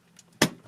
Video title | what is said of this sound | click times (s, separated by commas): STUNNING (NEW TOOL) REVIEW HORNBY GWR SAINT (2900) CLASS | just get them together. And you should hear a click | 0.4 s